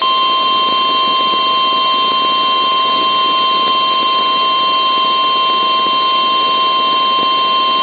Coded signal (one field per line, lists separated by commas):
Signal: Emergency Alert System (SAME) tones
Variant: 1050 Hz attention tone